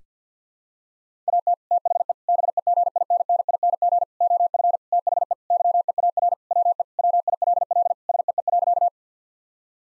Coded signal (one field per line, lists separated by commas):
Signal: Morse code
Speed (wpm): 50 wpm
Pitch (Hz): 700 Hz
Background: none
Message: AT THE BEGINNING OF THE YEAR WE WILL SEE.